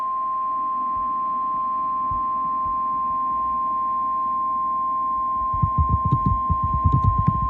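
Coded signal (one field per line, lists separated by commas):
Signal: Emergency Alert System (SAME) tones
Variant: 1050 Hz attention tone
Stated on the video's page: Real EAS alerts compiled from a severe weather outbreak in the Mid-Atlantic.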